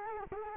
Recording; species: mosquito wingbeat signal from an infrared sensor; Culex quinquefasciatus